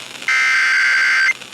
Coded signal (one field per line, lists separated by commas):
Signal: Emergency Alert System (SAME) tones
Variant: header bursts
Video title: NWS Paducah On Speed | EAS Alerts From 3/30/2025 (EAS #2,741-2,771)